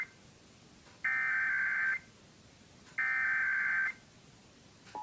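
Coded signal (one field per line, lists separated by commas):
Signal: Emergency Alert System (SAME) tones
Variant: header bursts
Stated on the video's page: Compilation of Required Weekly and Monthly EAS tests recorded from several broadcast stations.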